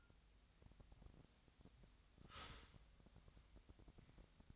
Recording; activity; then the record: daily activity, microphone in the room; start toaster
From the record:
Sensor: 3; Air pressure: 1001.9 hPa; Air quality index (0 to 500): 246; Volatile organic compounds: 49 ppm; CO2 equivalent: 3278 ppm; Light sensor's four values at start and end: 14/41/18/16 and 14/41/18/15